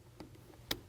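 A governor spring retainer is tightened down into a Cummins diesel injection pump. Detent clicks are heard at 0.2 s and 0.7 s, the second one sharp and loud. The spring is properly seated with enough tension not to back off.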